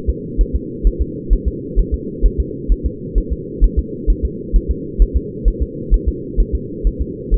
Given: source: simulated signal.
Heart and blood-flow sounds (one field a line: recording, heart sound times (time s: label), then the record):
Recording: fetal heart sounds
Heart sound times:
0.09 s: S2
0.41 s: S1
0.55 s: S2
0.87 s: S1
1.02 s: S2
1.33 s: S1
1.48 s: S2
1.79 s: S1
1.94 s: S2
2.26 s: S1
2.40 s: S2
2.72 s: S1
2.86 s: S2
3.18 s: S1
3.32 s: S2
3.64 s: S1
3.79 s: S2
4.10 s: S1
4.25 s: S2
4.56 s: S1
4.71 s: S2
5.02 s: S1
5.17 s: S2
5.48 s: S1
5.62 s: S2
5.94 s: S1
6.08 s: S2
6.40 s: S1
6.55 s: S2
6.87 s: S1
7.01 s: S2
7.34 s: S1
From the record:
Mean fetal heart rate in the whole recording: 130 bpm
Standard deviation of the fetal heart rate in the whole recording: 2 bpm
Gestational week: 36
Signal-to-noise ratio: -4.1 dB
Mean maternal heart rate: no maternal heart sound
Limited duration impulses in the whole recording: absent